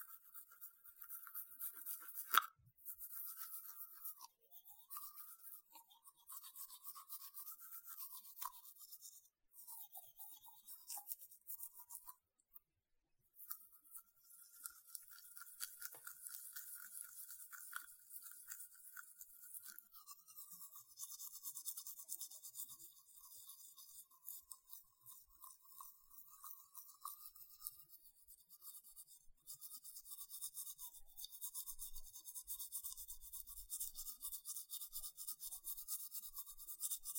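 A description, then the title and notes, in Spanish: Someone brushes their teeth with quick, steady scrubbing strokes, broken by short pauses and a sharp click near two seconds. ASMR Cepillo mis dientes.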